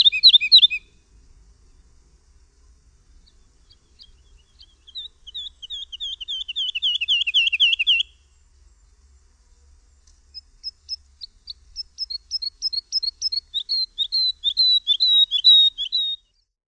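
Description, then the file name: Lark song in several bursts: a short chirp, then a quick descending run of notes, and later a series of high rapid chirps that grows louder. "LERKA"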